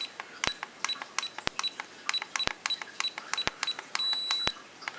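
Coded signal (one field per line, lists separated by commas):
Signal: beep code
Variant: RC drone controller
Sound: quick series of short trim beeps, then one longer beep near the end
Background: regular clicking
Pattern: 1 long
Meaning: The long beep means the trim is at its limit in that direction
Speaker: Now did you hear the long beep there? That means that the trim's set in that direction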